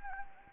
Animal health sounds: mosquito wingbeat signal from an infrared sensor; Anopheles gambiae

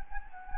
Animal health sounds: mosquito wingbeat signal from an infrared sensor; Anopheles gambiae

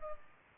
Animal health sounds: mosquito wingbeat signal from an infrared sensor; Culex pipiens

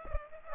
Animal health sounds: mosquito wingbeat signal from an infrared sensor; Aedes aegypti

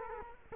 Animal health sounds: mosquito wingbeat signal from an infrared sensor; Culex quinquefasciatus

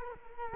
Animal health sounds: mosquito wingbeat signal from an infrared sensor; Culex quinquefasciatus

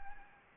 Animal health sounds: mosquito wingbeat signal from an infrared sensor; Anopheles gambiae

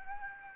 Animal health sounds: mosquito wingbeat signal from an infrared sensor; Aedes aegypti

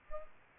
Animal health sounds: mosquito wingbeat signal from an infrared sensor; Culex pipiens

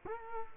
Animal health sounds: mosquito wingbeat signal from an infrared sensor; Culex quinquefasciatus

